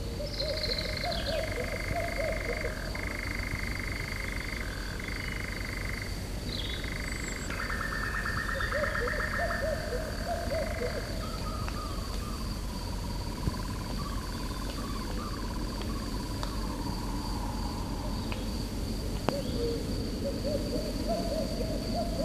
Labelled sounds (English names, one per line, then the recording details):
Common Cuckoo song
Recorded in the wild
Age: adult
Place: Federaun, Kärnten, AT
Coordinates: 46.57, 13.812
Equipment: Uher 4100 Report-V
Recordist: Brunner, Thomas